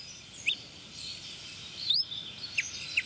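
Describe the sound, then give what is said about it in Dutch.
Several short, high chirping calls from chaffinches ring out at irregular intervals, about four sharp notes over a steady faint hiss, with no voices present. “Vink. Kijk, groepje van vink.”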